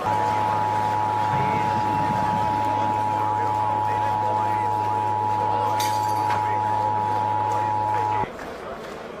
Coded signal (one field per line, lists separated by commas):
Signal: Emergency Alert System (SAME) tones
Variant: 853 and 960 Hz attention tone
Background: speech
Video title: EAS Scenario #3: Irradiating Chaos.